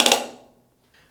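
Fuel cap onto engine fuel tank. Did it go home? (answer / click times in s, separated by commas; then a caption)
yes / 0.0 s, 0.1 s. The fuel tank cap on a gas-driven air compressor engine is screwed down until its automotive-style ratchet clicks, with three sharp clicks at 0.0, 0.1 and 0.1 seconds that ring out and fade over about half a second. A faint, soft sound follows near 0.9 seconds. The clicks confirm the cap is closed with a good seal.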